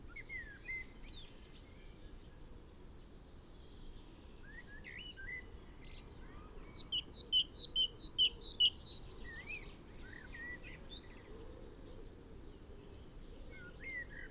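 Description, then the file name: Great tit delivers a short burst of two-note high-low phrases mid-way, surrounded by scattered chirps and whistles of other birds. "Parus major"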